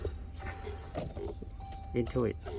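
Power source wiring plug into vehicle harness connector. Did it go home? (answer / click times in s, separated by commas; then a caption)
no / none. A power source wiring plug is lined up at the vehicle harness connector of a 2016–2023 Toyota Hilux Rogue or Fortuner while fitting a headlight levelling switch. Someone talks over a low steady hum with faint handling noises. Nothing has seated or clicked yet; the plug is only positioned before being pushed home.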